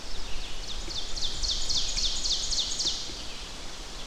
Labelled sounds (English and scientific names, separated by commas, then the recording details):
Ovenbird (Seiurus aurocapilla) song
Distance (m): 50 m
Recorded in boreal forest in Alberta, Canada, on 10 June 2016 at 06:57
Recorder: SongMeter 3, array SBT-3-39
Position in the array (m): 195 m, 89 m
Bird 17